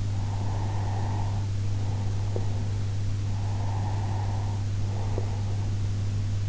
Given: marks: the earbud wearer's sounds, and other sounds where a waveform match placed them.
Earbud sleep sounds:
sounds in sleep by an in-ear microphone; breath
0.20-2.88 s: breath
3.53-6.15 s: breath

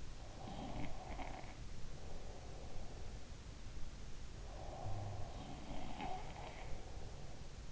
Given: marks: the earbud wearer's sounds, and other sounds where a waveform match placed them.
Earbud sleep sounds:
sounds in sleep by an in-ear microphone; breath
0.00-3.44 s: breath
0.22-1.98 s: sound from someone else or the room
4.41-7.47 s: breath
5.19-7.11 s: sound from someone else or the room

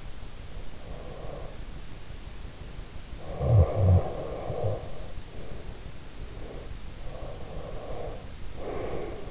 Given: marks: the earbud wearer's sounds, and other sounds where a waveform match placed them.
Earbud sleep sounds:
sounds in sleep by an in-ear microphone; breath, snoring breath
0.56-1.76 s: breath
3.13-5.42 s: snoring breath
6.28-9.30 s: breath

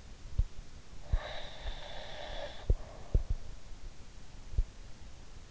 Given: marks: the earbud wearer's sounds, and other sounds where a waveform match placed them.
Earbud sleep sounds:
sounds in sleep by an in-ear microphone; breath
0.96-3.41 s: breath

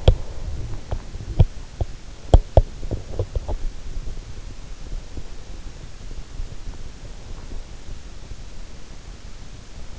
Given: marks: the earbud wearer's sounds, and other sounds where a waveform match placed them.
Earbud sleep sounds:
sounds in sleep by an in-ear microphone; teeth grinding
0.00-3.85 s: teeth grinding

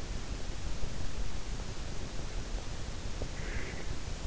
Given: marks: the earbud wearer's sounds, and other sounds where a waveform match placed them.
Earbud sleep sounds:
sounds in sleep by an in-ear microphone; breath
3.27-4.00 s: breath

